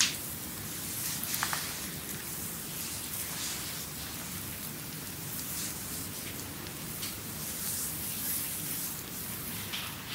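A creamy full body massage: hands slide and rub steadily over skin, a soft continuous shushing with a low, dull rumble beneath. Brighter wet swishes come and go every second or so, with a slightly louder stroke around the one-and-a-half-second mark.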